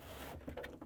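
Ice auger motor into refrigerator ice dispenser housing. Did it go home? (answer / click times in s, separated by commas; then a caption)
yes / 0.6 s. A new Whirlpool ice auger motor assembly, part WPW10309868 (fits KitchenAid/Maytag), is pushed up from the bottom into a refrigerator's plastic ice-dispenser housing. Steady broadband noise gives way to a few short knocks, with a sharp click at 0.7 s. The motor assembly locks into the housing.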